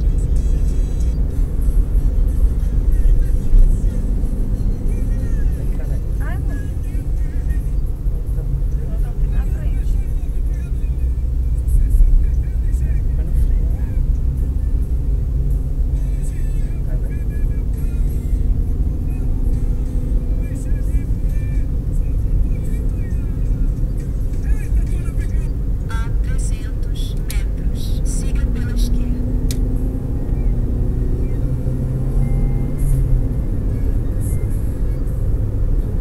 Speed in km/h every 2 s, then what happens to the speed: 58, 55, 54, 41, 37, 35, 34, 39, 42, 46, 50, 53, 54, 56, 65, 74, 80, 80.
0-11 slows to 34. 11-32 speeds up to 80.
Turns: none.